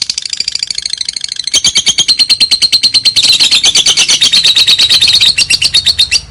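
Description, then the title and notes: Lovebird in a loud, high, rapid buzzing trill of densely repeated notes, growing stronger after a softer start. Lovebird giving its long 'ngekek' trill, used as a lure song. "Master Kicau Lovebird ngekek, kicau pancingan"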